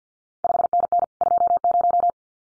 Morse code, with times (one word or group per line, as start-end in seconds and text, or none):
0.4-1.0 5NN
1.2-2.1 20